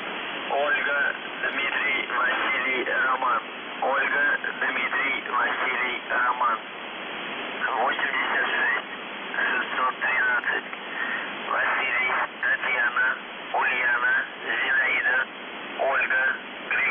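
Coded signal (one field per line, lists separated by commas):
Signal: numbers station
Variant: UVB-76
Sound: a voice speaking continuous phrases over hissy, band-limited shortwave radio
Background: radio static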